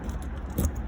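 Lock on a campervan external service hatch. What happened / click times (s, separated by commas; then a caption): The hatch lock snapped into its locked position / 0.6 s. The lock on the external service hatch of a CI Carioca 625 campervan, a hatch meant to click at the top and bottom when closed, is popped into its locked position. A single short click sounds at 0.6 s over a low background rumble, and the lock seats so the hatch can't be pushed in.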